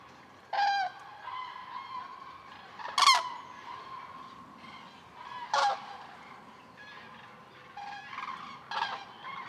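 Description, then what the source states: Common crane calls, a few loud ringing bugles spaced several seconds apart standing above a soft continuous chorus of many cranes. Flock on migration stopover, Lac du Der reservoirs, eastern France, November; over 200,000 birds counted; some winter there; stereo, Nagra Seven and MKH8020.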